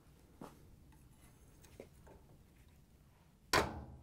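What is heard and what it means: A putty knife is slid under the second corner of a Whirlpool/KitchenAid/Maytag washer's top panel to push in the spring lock clip in the cabinet corner, then twisted. Faint scraping and light taps lead to a sharp, loud snap at 3.5 s. The top panel lock clip releases.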